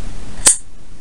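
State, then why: Seated. A piece of a plastic magnetic toy figure is pushed onto the toy body and snaps together with a single sharp, bright click at 0.5 s over a low background hiss. The click shows the part is locked into place.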